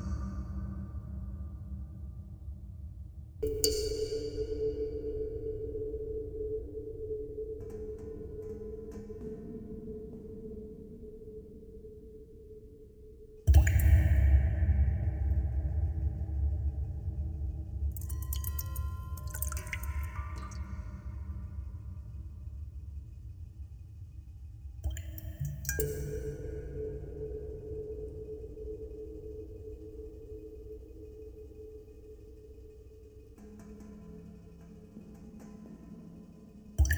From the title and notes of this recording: Dripping introduces the listener to imaginary rooms, whose physical structures are made tangible by the composition of droplets generating sound. The initially irregular dripping sounds describe a path through a "virtual" soundscape of various different material consistencies.